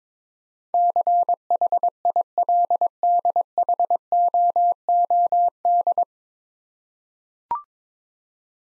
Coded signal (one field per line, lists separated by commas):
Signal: Morse code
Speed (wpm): 22 wpm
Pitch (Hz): 700 Hz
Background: none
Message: CHILDHOOD